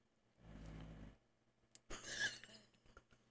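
A faint, low buzzing rumble lasts under a second, followed after a pause by a short click and a breathy, noisy snort-like exhalation. It is the sound of a pet dog snoring softly in the background of a quiet room.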